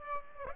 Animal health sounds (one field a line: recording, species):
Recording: mosquito wingbeat signal from an infrared sensor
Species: Aedes aegypti